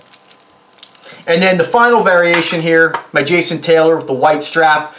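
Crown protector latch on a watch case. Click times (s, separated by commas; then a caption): 0.1 s. On the gold version of the watch, with the crown screwed down, the metal crown protector on the watch case is pressed in and clicks into its latch at 0.1 s, followed by a few small metallic ticks up to about 1.0 s. The protector is seated and not coming loose. Someone then talks.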